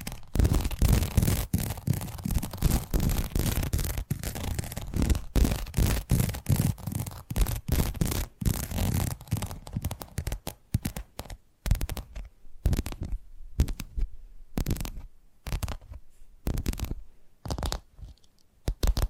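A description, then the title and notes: Rapid tapping and scratchy brushing on objects, dense and busy for the first ten seconds with a low thumping rumble underneath. After that the sounds thin into separate crisp taps and clicks with short silences between, irregular and bright, continuing to the end. ASMR 10 Addictive Tapping Triggers. (No Talking).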